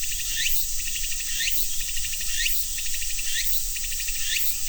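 Cicada chorus: a piercing steady hiss, with rising rasping sweeps roughly once a second.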